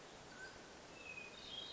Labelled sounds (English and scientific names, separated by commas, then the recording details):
Mountain Quail (Oreortyx pictus)
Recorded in Sonoma County, California